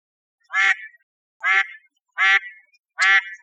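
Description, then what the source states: Mallard quacks, four harsh nasal calls spaced roughly one second apart, with nothing else heard. Recorded 5 November 2011.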